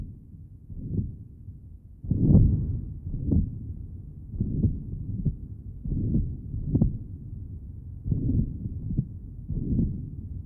Age 62, with patent ductus arteriosus. Recording taken at pulmonary area. Note the continuous murmur in this area.